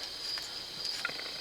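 The bottom metal anti-rattle clip for the rear brake pads of a 2013–2019 Mercedes Sprinter 2500 van is pressed by hand into the caliper bracket. Against a steady high-pitched hiss, a single short, sharp click is heard at 1.0 s, and the clip snaps into place, fully seated.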